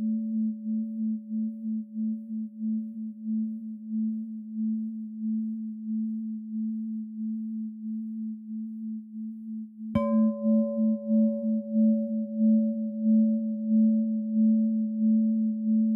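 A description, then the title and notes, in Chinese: A Tibetan singing bowl hums a steady low tone with a gentle pulsing waver, then is struck again at about ten seconds, renewing a brighter ring. 西藏頌缽 脈輪淨化。西藏頌缽的共鳴。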